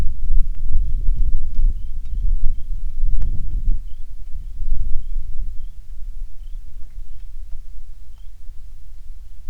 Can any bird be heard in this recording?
yes